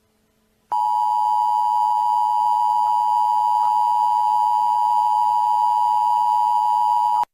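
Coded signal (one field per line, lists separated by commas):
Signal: Emergency Alert System (SAME) tones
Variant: 853 and 960 Hz attention tone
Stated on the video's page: Prank alien-invasion EAS alert with valid tones.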